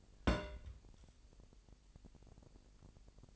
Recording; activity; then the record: daily activity, microphone in the room; place on stove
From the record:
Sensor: 5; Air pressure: 1002.0 hPa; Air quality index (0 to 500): 250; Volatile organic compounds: 9 ppm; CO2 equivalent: 2182 ppm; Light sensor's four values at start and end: 20/43/19/21 and 20/44/19/21